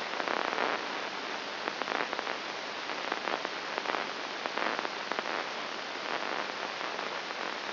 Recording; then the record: brain microelectrode recording played as sound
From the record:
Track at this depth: inside the subthalamic nucleus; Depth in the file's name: 1.901 mm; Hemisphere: right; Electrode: 3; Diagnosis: Parkinson's disease